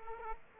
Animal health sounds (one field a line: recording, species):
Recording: mosquito wingbeat signal from an infrared sensor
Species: Aedes aegypti